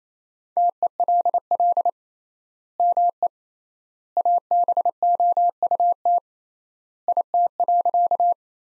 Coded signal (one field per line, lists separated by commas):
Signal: Morse code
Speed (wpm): 28 wpm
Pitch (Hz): 700 Hz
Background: none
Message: TELL ME ABOUT IT.